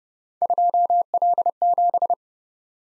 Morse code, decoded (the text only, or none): 2L7